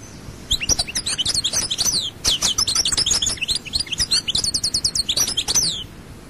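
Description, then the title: European goldfinch song, a long run of rapid tinkling twitters with buzzy trilled phrases and sweeping high notes. "Chant Chardonneret"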